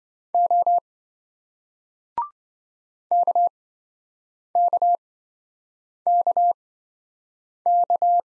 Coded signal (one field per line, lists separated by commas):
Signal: Morse code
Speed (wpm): 26 wpm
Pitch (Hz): 700 Hz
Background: none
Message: O KKKK